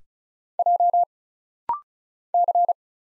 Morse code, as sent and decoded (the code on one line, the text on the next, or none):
.--- / -.-.
J C